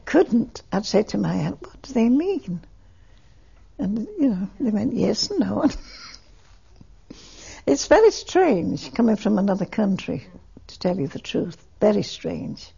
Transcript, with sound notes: I couldn't, I said to my aunt, "What do they mean?" You know, they went yes and no and. (She laughs.) It's very strange coming from another country to tell you the truth, very strange.